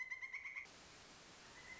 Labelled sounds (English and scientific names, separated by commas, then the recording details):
Pileated Woodpecker (Dryocopus pileatus)
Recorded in Sonoma County, California